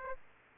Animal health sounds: mosquito wingbeat signal from an infrared sensor; Aedes aegypti

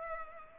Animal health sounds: mosquito wingbeat signal from an infrared sensor; Culex pipiens

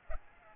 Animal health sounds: mosquito wingbeat signal from an infrared sensor; Aedes aegypti

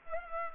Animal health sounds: mosquito wingbeat signal from an infrared sensor; Culex pipiens

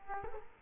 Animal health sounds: mosquito wingbeat signal from an infrared sensor; Culex quinquefasciatus

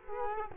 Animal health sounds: mosquito wingbeat signal from an infrared sensor; Culex quinquefasciatus

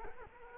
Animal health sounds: mosquito wingbeat signal from an infrared sensor; Culex quinquefasciatus

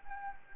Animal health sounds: mosquito wingbeat signal from an infrared sensor; Anopheles gambiae

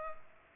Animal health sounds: mosquito wingbeat signal from an infrared sensor; Culex pipiens

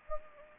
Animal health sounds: mosquito wingbeat signal from an infrared sensor; Anopheles gambiae

